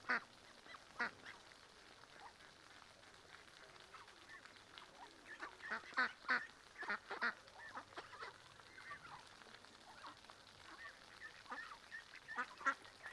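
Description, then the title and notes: Mallards calling, clusters of quick quacks and chattering notes, busiest in the middle. Adults, juveniles and small ducklings with mothers on a small river in a park, Griñón, Madrid, Spain; Sunday afternoon; excited when people feed them, young begging for food; Zoom H1n recorder. "Paseo de la Senda, 34, Griñón, Madrid, España - Tarde en el parque del río con patos. patos griñon. Domingo tarde. Los sonidos de aves que se escuchan son Ánade Real (Anas platyrhynchos)"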